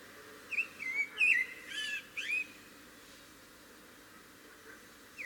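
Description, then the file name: Eurasian blackbird giving a few mellow, slurred whistled notes in quick succession over about two seconds, then quiet, with one more brief note at the very end. "Turdus merula"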